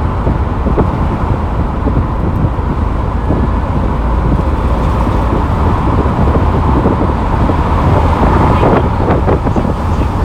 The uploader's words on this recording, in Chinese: 夏天的夜晚，开着窗，一辆出租车行驶在北京二环路上。环境音纯享，无对白。出租车行驶在夏夜里的北京二环路上。